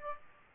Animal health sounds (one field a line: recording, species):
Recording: mosquito wingbeat signal from an infrared sensor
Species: Aedes aegypti